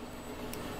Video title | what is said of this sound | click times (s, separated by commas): Project ARchi3 Episode 24 - J3 Chain Drive | should just snap right in there yeah I like that alright and it'll it'll there be a little snap and it'll | 0.5 s